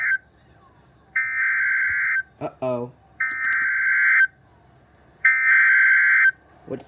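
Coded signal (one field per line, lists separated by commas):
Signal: Emergency Alert System (SAME) tones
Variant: header bursts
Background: speech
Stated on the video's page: Alerts received from NOAA Weather Radio stations and AM and FM broadcast stations.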